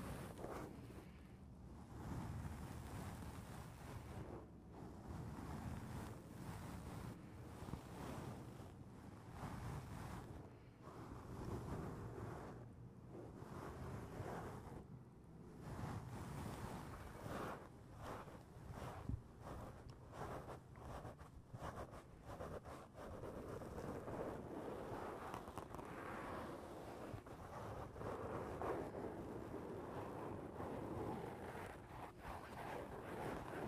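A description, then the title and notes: Tapping on a foam roof makes a dense, muffled patter of soft thuds over a steady low rumble, continuing unevenly for the whole stretch. Tapping on the roof of your foam house.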